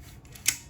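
A battery tray is lined up on its rails and pushed into an RC helicopter frame. Its edge meets the latch and clips into place with a sharp, bright click at 0.5 s, after two faint earlier ticks. The tray is seated.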